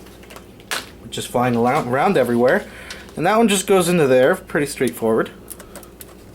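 A power cord plug is handled at the power inlet of a Sony Blu-ray player with 4K upscaling while someone talks, with a few faint knocks and short clicks of handling. The plug has not seated or clicked yet.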